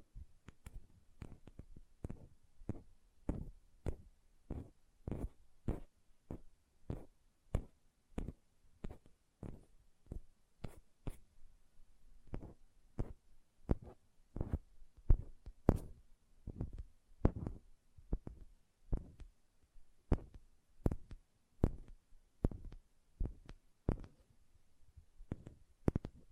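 Nails tap in a steady, even rhythm, roughly two taps a second, for the whole stretch. Each tap is short and crisp with a soft low thump underneath. Between taps there is only quiet, and the pace barely changes from start to finish.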